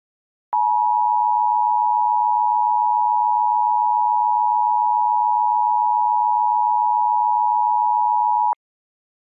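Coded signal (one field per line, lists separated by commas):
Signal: Emergency Alert System (SAME) tones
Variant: 853 and 960 Hz attention tone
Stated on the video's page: Fictional EAS scenario themed on Majora's Mask.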